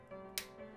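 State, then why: Seated. A mechanical key switch is pushed straight down through the plate into the hot-swap sockets of a PCB, and a sharp snap is heard at 0.4 s over a low, steady background hum. The switch is seated firmly in the board; a possible second, softer snap is less pronounced.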